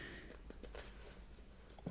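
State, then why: Not seated. Someone tries to fit the plastic middle part back into a MacBook Pro 2011-2012 laptop case, with faint handling taps and scrapes at about 0.5 s, 1.8 s and 1.9 s. The part does not snap into place, and nothing has clicked.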